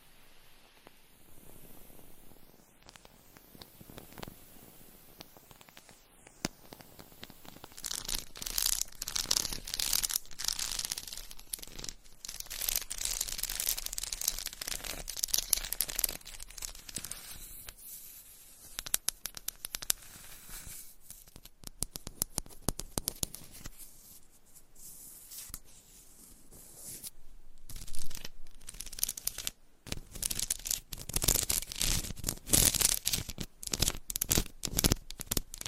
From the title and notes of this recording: ASMR Tapping and Scratching with 50 Different Mics , Items & Nails (No Talking).